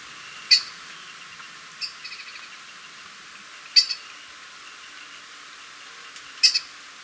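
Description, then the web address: Grass-green tanager giving sharp, high single call notes, a few seconds apart, some followed by a short softer stutter. Ecuador. "Natures Songs S America Birds of Ecuador Grass-green Tanager"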